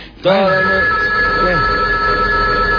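A telephone rings with a steady, high electronic tone that starts abruptly and holds for several seconds, with a couple of lower warbling swells early on and a faint murmur beneath.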